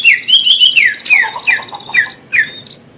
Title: Suara Burung Cucak Ijo